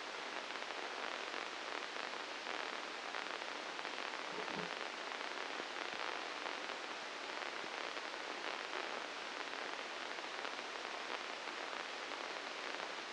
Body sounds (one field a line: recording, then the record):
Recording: brain microelectrode recording played as sound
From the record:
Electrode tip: inside the subthalamic nucleus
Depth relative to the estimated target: -1 mm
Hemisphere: right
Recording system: NeuroSet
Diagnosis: Parkinson's disease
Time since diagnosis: 9 years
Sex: female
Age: 51 years